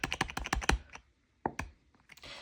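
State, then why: Not seated. Someone repeatedly presses the plastic lid of a skincare jar, trying to snap it shut onto the container, producing a rapid run of sharp plastic clicks over the first second, a pause, then two more sharp clicks near 1.5 and 1.6 seconds followed by faint handling noise. The lid does not latch, and nothing has clicked shut.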